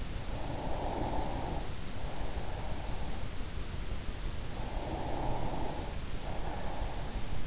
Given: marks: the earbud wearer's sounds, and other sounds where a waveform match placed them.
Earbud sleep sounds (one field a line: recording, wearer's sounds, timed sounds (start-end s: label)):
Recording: sounds in sleep by an in-ear microphone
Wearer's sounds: breath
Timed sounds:
0.18-3.54 s: breath
4.41-7.47 s: breath